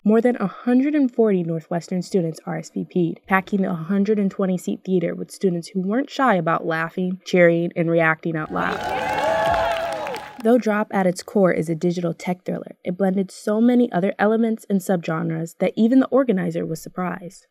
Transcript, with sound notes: More than 140 Northwestern students RSVPed, packing the 120-seat theater with students who weren’t shy about laughing, cheering and reacting out loud. [nat sound of cheering] Though Drop at its core is a digital tech thriller, it blended so many other elements and subgenres that even the organizer was surprised.